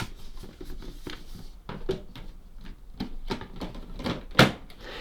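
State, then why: Seated. The second outer filter cover on a Dyson Pure Hot+Cool HP04 fan is pushed onto the fan body with the replacement filter in place. A series of small plastic taps and handling sounds leads up to a sharp click at 4.4 s as it seats. The cover sits flush with nothing sticking out.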